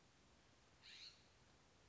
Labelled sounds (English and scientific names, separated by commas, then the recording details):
California Scrub-Jay (Aphelocoma californica)
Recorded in Sonoma County, California